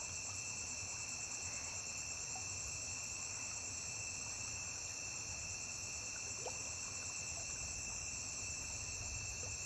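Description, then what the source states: Crickets trilling without pause, a dense, even, high-pitched chorus of layered tones with faint low background rumble. Constant cricket chirping recorded on a riverbank.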